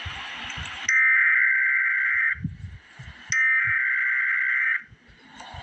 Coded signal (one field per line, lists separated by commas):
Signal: Emergency Alert System (SAME) tones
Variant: header bursts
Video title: Emergency Alert System - Severe Thunderstorm Warning - Aug 27, 2024 at 6:51 PM EDT